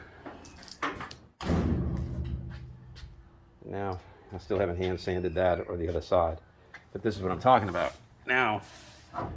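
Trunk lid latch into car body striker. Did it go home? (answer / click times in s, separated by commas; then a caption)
no / none. The steel trunk lid of a 1956 Chevy Bel Air, closed after the tail panel was filled and shaped, comes down with a heavy thud at about 1.4 s, following a few small knocks. The trunk lid latch has not caught on the car body striker; nothing has latched. Someone talks afterward.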